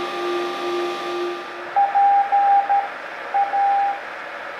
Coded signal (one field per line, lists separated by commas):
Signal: Morse code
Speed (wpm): 12 wpm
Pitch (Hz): 800 Hz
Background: radio noise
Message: PA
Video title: AN/GRC-9 aka "Angry Nine" Military Backpack Radio